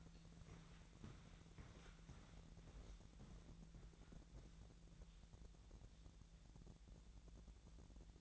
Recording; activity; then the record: daily activity, microphone in the room; walk to room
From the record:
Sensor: 3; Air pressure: 1012.2 hPa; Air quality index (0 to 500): 138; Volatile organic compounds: 2 ppm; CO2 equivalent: 1064 ppm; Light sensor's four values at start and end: 124/294/121/109 and 125/296/122/110